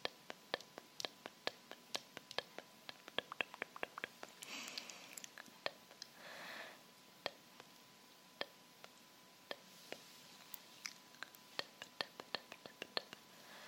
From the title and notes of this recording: ASMR Tapping With Rhinestone Fingers.